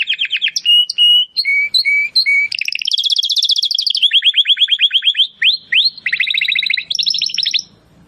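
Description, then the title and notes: Domestic canary song mixing short repeated whistles, dense rapid trills and upslurred notes, changing phrase every second or so, with no other sounds. Belgian canary singing in the Campainha (bell) song style. "Canário Belga Campainha Canary Singing. Canario Belga Cantando"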